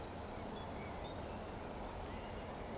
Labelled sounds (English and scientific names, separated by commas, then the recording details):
Eurasian Woodcock (Scolopax rusticola) whistle
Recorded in Baden-Württemberg, Germany, on 15 June 2020 at 19:38 UTC
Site 14569, 102 m above sea level